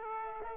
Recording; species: mosquito wingbeat signal from an infrared sensor; Aedes aegypti